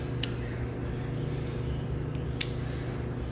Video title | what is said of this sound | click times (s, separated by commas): TAKE APART + DRY OUT a Wet TESLA Key Fob that got WASHED - Model X & S | and this will snap into place you can see the clips that f it on so | 0.2 s, 2.4 s